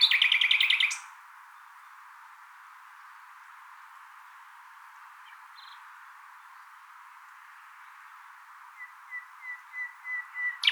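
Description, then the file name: Common nightingale song: a rapid rattling trill at the start, a long quiet gap, then a series of soft piping whistles that swell steadily louder. "Luscinia megarhynchos"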